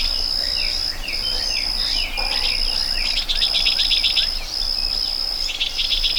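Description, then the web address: Cricket: bright insect trills run almost unbroken, with pulsing cricket bursts in the second half and quick swooping bird chirps early on. Meadow ambience with birds and crickets. "Dr Sound Effects. A Meadow With Birds and Crickets"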